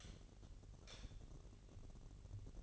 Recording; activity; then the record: daily activity, microphone in the room; light off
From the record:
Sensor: 4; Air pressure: 1012.7 hPa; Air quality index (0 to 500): 247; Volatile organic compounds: 4 ppm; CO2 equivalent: 1682 ppm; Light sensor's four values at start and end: 17/44/17/19 and 15/34/14/14